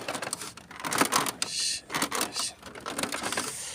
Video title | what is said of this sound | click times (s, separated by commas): how to replace printer heads on canon maxify printer | should click in nice, but now this not clicking. | none